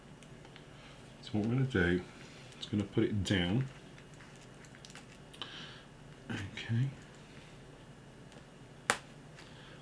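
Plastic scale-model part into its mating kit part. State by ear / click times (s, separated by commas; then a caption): seated / 8.9 s. Two injection-moulded plastic parts of a Meng 1/35 scale ZSU-23-4 Shilka tank model kit are pressed together by hand while someone talks, with a few faint plastic ticks in between. At 8.9 s the parts snap home with a single sharp, very positive click, and they are seated.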